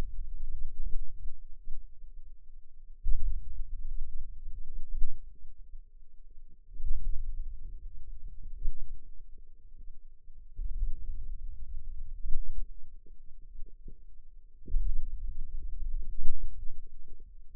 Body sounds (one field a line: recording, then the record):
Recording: forearm muscle sounds (acoustic myography)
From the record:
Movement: hand opening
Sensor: system 2, bracelet of six BSWA MPA416 microphones around the upper forearm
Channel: 1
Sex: female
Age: 21 years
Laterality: right